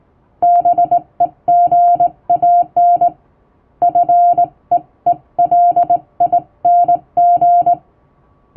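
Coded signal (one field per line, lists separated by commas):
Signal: Morse code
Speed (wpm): 20 wpm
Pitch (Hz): 700 Hz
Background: music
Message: BEGAN FEELING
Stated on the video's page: Hand-keyed plain-language international Morse for amateur receiving practice, sent by a first-class radiotelegraph operator using typing-test practice texts.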